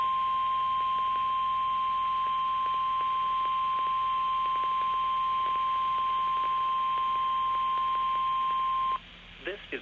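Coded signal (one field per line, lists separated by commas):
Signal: Emergency Alert System (SAME) tones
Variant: 1050 Hz attention tone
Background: speech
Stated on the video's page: Required weekly test from a NOAA Weather Radio transmitter.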